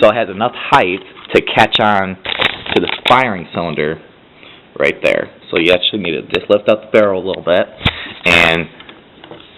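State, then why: Seated. Someone talks while reassembling a Western Field 12 gauge pump shotgun, lifting the barrel slightly and sliding the fore-end action arm into the receiver until it catches on the firing cylinder. A sharp click at 9.2 s, among a few small clacks near the end, marks the arm locking into place.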